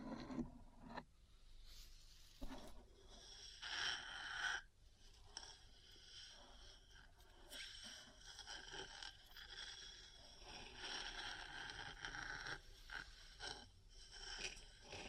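Metal parts scrape and scratch almost continuously, with bright gritty rasping, brief taps and sharp clicks scattered throughout and short pauses near one and five seconds.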